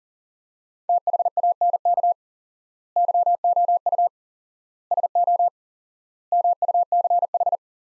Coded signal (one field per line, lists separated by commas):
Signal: Morse code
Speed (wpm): 40 wpm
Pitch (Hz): 700 Hz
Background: none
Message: THANK YOU SO MUCH